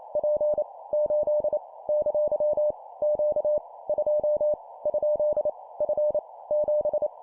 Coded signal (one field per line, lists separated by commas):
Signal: Morse code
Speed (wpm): 28 wpm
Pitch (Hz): 600 Hz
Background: none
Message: P 8 ! Q 2 ? F 7